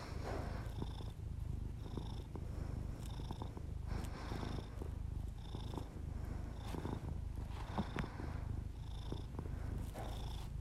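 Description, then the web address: Purring cat, a constant low vibration, overlaid with a faint repeating higher tone and gentle breathing. Pet cat purring, recorded as ASMR together with the owner's heavy breathing. "Miss-Because Just Purrs [ASMR][Literally just my cat purring and my heavy breathing]"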